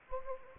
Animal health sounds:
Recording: mosquito wingbeat signal from an infrared sensor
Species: Anopheles gambiae

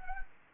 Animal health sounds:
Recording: mosquito wingbeat signal from an infrared sensor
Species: Anopheles gambiae

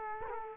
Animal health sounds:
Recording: mosquito wingbeat signal from an infrared sensor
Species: Culex quinquefasciatus

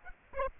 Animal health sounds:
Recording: mosquito wingbeat signal from an infrared sensor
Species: Aedes aegypti

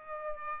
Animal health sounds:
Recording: mosquito wingbeat signal from an infrared sensor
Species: Aedes aegypti

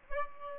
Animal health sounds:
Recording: mosquito wingbeat signal from an infrared sensor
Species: Aedes albopictus

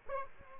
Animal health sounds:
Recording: mosquito wingbeat signal from an infrared sensor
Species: Aedes aegypti

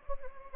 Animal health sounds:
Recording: mosquito wingbeat signal from an infrared sensor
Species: Anopheles gambiae

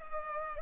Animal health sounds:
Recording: mosquito wingbeat signal from an infrared sensor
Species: Culex pipiens

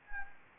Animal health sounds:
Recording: mosquito wingbeat signal from an infrared sensor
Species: Anopheles gambiae

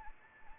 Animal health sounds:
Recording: mosquito wingbeat signal from an infrared sensor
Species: Anopheles arabiensis

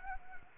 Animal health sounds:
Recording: mosquito wingbeat signal from an infrared sensor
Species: Anopheles gambiae

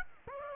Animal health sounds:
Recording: mosquito wingbeat signal from an infrared sensor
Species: Aedes aegypti

